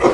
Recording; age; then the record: pig call; growing-finishing pig (85 days or more)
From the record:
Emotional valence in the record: positive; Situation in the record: run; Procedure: transit